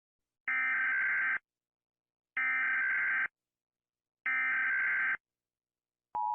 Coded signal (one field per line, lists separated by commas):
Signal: Emergency Alert System (SAME) tones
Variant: header bursts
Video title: Rating eas alarms (Read DESC)